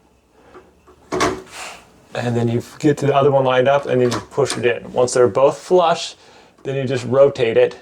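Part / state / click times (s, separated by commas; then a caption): fluorescent tube into lampholder sockets of a light fixture / not seated / none. A fluorescent tube is handled at the lampholder sockets of a light fixture, its pins slid up into the holders and lined up before being pushed flush and rotated to lock. Someone talks through most of the clip, with only faint handling noise near the start. Nothing has seated or clicked yet.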